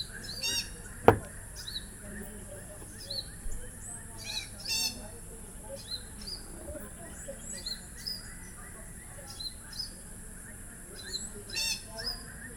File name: Long tailed Parakeet Psittacula longicauda ss longicauda